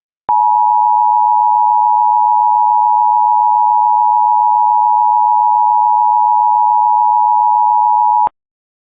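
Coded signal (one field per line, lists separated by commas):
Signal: Emergency Alert System (SAME) tones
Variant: 853 and 960 Hz attention tone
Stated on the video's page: Statewide Silver Alert civil emergency message from a county alert system.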